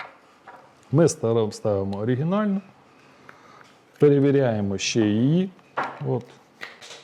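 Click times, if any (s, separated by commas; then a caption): 6.6 s. A blender attachment on a SATORI SB-1220-SB blender is inserted into its drive/gearbox after a new coupling has been fitted. Someone talks, and a short plastic click is heard at 6.6 s as the attachment snaps into place and is confirmed seated and working.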